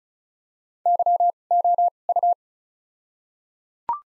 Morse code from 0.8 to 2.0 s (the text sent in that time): Y O